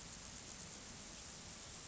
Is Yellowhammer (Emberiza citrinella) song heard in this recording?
no